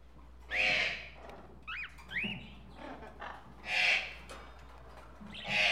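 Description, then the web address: Tropical birds calling: loud raspy squawks repeated every few seconds, with quick rising whistled notes and faint chirps between them. Various tropical birds together in a pet shop. "birds various tropical birds in a pet shop animal ambience"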